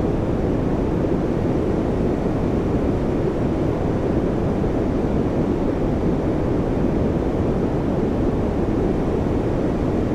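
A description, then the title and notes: White noise plays as a steady, dense hiss with no breaks or events across the whole stretch. The sound is weighted low, a deep rumbling rush like an engine or surf, with little brightness at the top and a constant level throughout. WHITE NOISE.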